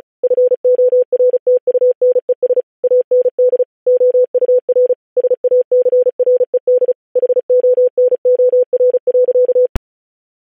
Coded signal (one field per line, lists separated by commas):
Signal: Morse code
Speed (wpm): 36 wpm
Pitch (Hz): 500 Hz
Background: none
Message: FORTUNES AND OUR SACRED HONOR.